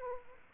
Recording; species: mosquito wingbeat signal from an infrared sensor; Aedes aegypti